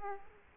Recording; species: mosquito wingbeat signal from an infrared sensor; Aedes aegypti